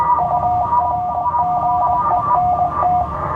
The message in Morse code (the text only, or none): URGENT